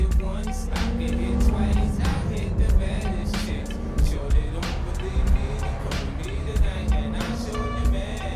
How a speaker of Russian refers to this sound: По Макао едут машины.